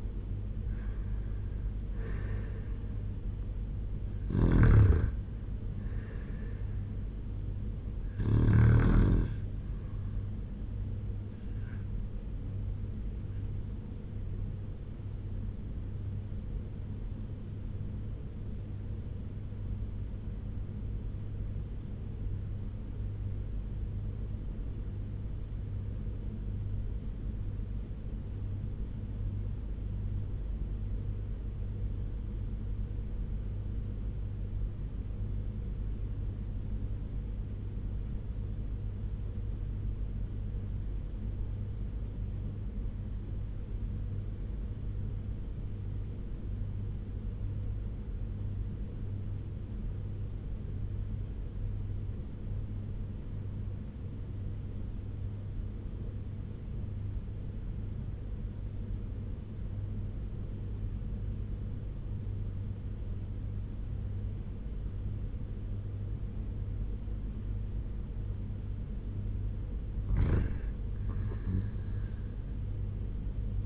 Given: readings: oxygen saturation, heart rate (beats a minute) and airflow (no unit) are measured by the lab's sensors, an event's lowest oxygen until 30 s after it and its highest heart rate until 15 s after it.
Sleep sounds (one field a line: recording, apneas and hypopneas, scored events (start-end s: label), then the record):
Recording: breathing in sleep by a smartphone at the bedside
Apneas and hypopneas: 1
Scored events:
18.00-69.60 s: obstructive apnea (REM, oxygen 98% highest, then 80% lowest, heart rate 84 at the start, 91 highest)
From the record:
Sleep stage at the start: REM sleep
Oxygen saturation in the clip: 85 to 98%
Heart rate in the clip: 80 to 93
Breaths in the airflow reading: 5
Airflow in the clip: -4.5 to 6.8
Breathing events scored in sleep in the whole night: 201 in 6.5 hours asleep